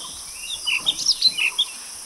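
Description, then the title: Bird giving a rapid run of several high chirped notes against constant background hiss. "burung"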